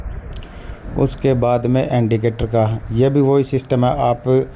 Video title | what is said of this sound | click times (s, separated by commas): Car Yellow light clean at home #car #car #technology #tech #night #light #vlog #solution | tube लगाने के बाद में lock कर दिया। देखो लॉक ऐसे होता है। | 0.4 s